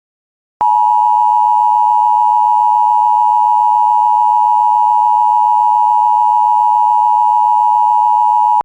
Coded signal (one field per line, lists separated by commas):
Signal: Emergency Alert System (SAME) tones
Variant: 853 and 960 Hz attention tone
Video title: Part of RWT for Hawaii + SVR for parts of Canada! (EAS #145-146)